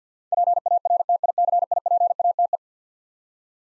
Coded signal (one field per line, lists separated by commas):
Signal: Morse code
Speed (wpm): 50 wpm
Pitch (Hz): 700 Hz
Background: none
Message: PARTICIPATE